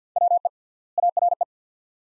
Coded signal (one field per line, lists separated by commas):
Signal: Morse code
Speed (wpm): 50 wpm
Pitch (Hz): 700 Hz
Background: none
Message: WE ARE